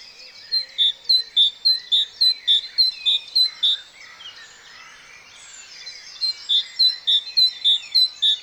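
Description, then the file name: Great tit repeating a sharp, high two-note phrase in a fast, even series, pausing for about two and a half seconds before resuming, with other small birds calling softly in the background. "Parus major"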